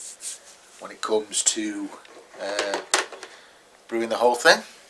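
A plastic siphon tube clip from a Young's Winebuddy Chardonnay Complete Starter Kit, used to hold the siphon tube on the side of the fermenter when siphoning to bottles, is handled during unboxing. Someone talks over soft rubbing and handling sounds. Nothing has clicked or seated yet.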